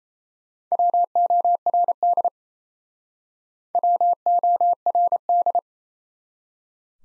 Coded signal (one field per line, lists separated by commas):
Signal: Morse code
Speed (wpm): 38 wpm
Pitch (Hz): 700 Hz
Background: none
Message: WORD WORD